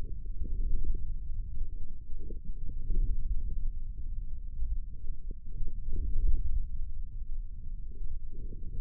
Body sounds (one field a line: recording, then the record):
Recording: forearm muscle sounds (acoustic myography)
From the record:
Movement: forearm supination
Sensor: system 1, eight BSWA MPA416 microphones around the upper forearm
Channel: 5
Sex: male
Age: 28 years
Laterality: right